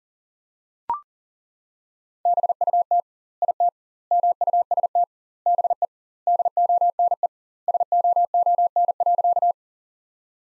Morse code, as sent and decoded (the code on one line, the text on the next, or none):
-... ..- - / .. - / -- ..- ... - / -... . / -.. --- -. . / ... --- --- -. .-.-.-
BUT IT MUST BE DONE SOON.